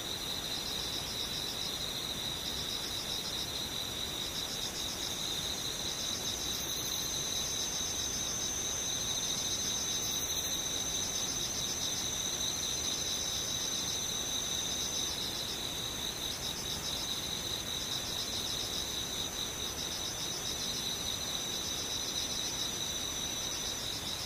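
Insects sing without pause, a dense, high, shimmering trill that pulses in a fast, regular rhythm through the whole clip. A second, steadier high band sits just beneath it, and a soft low hiss fills the background throughout.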